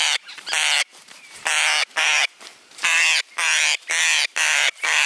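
Parrot producing coarse screeches, long harsh notes repeated one after another.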